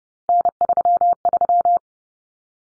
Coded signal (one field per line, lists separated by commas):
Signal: Morse code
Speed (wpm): 30 wpm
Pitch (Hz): 700 Hz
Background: none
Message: N33